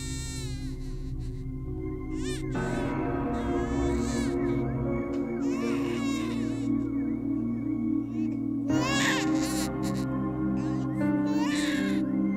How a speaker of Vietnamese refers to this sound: Trong đầu của cô Mận vang lên là tiếng cười, tiếng trẻ con khóc choe choé, đến rợn cả người.